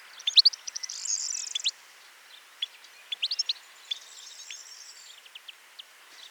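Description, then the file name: European goldfinch calls: a quick burst of bright chirps with a short buzzy trill near the start, then sparser sharp high notes over light hiss. "Carduelis carduelis"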